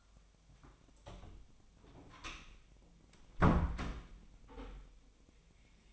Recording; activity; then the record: daily activity, microphone in the room; close door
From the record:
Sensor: 1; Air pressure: 1007.2 hPa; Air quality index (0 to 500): 200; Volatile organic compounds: 20 ppm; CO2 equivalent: 2700 ppm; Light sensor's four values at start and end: 13/34/13/15 and 13/32/13/14